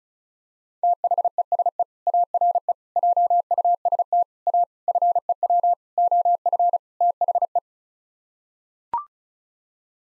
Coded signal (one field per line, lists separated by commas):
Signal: Morse code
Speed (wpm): 34 wpm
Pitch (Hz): 700 Hz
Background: none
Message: THESE ARE JUST A FEW OF THE